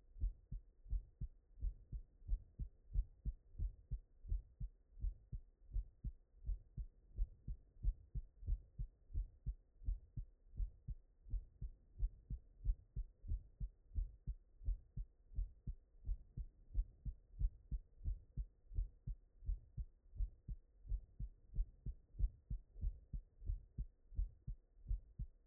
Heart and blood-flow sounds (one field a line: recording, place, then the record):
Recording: heart sounds by stethoscope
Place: tricuspid valve (TV)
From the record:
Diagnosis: non-HFrEF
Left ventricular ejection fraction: 68%